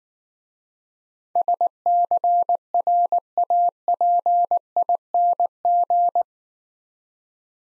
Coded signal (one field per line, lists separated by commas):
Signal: Morse code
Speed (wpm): 19 wpm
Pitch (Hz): 700 Hz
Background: none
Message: SCRAPING